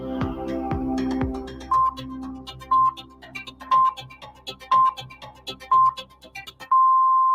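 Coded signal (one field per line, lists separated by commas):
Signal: radio time signal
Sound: five short high beeps one second apart, then a long beep, over music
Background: music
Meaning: The start of the final long pip marks the top of the hour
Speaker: Así llegan las señales horarias de la 1.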